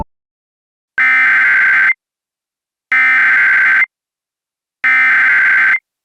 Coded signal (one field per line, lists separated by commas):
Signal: Emergency Alert System (SAME) tones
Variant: header bursts